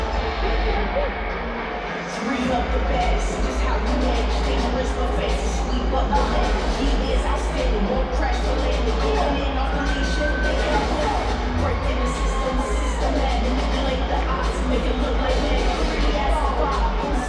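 A wrestling crowd at Madison Square Garden keeps up a dense, steady roar of many voices for the whole stretch, with shouting and chanting blending into one mass. A constant low rumble sits underneath, and a few rising whistles cut through around ten and twelve seconds.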